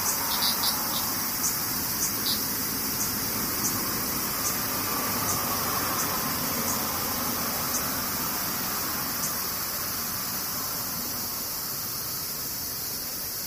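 Cicadas buzz in a steady, dense, high-pitched drone that holds level for the whole stretch. A few brief chirps stand out in the first two seconds, light ticks repeat about once a second on top, and a soft low rumble runs underneath.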